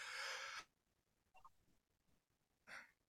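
A single sharp, hissy burst of air lasting about half a second, then near silence with faint breathy sounds and a softer puff near the end. This is one sneeze from an adult, followed by quiet recovery breathing.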